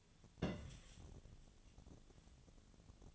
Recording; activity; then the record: daily activity, microphone in the room; place on stove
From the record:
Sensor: 4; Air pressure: 1010.8 hPa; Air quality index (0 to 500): 169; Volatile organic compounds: 5 ppm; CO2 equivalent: 1720 ppm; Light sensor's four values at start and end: 38/109/44/45 and 39/111/44/45